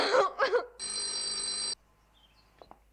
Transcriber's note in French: Elle sanglote de plus belle